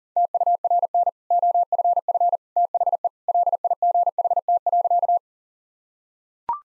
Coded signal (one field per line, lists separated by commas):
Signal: Morse code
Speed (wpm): 40 wpm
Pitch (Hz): 700 Hz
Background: none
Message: TURN OFF THE LIGHT.